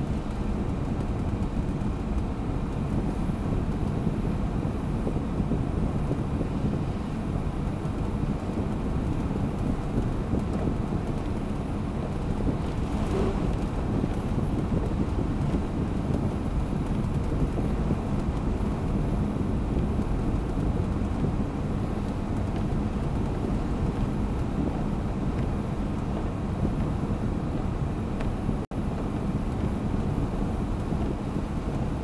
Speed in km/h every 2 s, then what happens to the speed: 93, 93, 93, 93, 93, 92, 92, 92, 93, 92, 93, 93, 93, 93, 92, 92.
0-32 steady at about 93.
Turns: none.